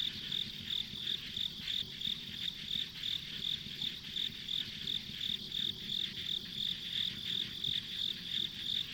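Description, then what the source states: Insects chirping in a steady high pulsed trill, about three pulses a second, over a constant high hiss of other insects and low rumbling background noise. Ambient insect sounds recorded on a country road.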